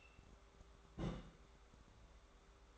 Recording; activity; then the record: daily activity, microphone in the room; place on stove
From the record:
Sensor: 3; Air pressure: 1010.3 hPa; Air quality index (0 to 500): 165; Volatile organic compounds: 9 ppm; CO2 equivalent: 2158 ppm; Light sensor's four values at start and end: 50/124/55/61 and 50/124/55/61